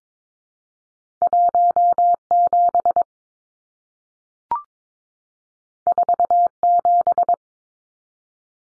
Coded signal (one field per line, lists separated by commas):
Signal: Morse code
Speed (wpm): 22 wpm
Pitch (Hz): 700 Hz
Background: none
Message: 17 47